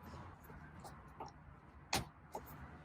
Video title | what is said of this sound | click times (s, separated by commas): 2022 & 2023 Lexus GX Full Tutorial - Deep Dive | So, they have clips that will click right into place. | 1.9 s